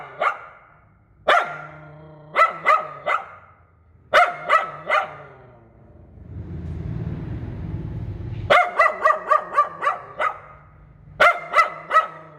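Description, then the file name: Poodle yapping repeatedly in clusters of several quick barks, one longer run near the end, with a rumbling low noise during a midway pause. "Tieng cho poodle sua"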